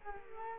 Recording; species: mosquito wingbeat signal from an infrared sensor; Culex quinquefasciatus